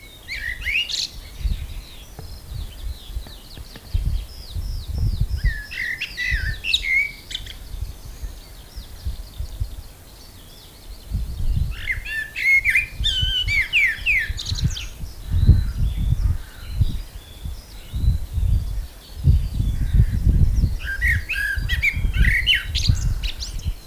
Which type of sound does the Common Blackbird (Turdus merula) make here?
song